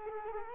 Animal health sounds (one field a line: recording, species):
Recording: mosquito wingbeat signal from an infrared sensor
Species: Culex quinquefasciatus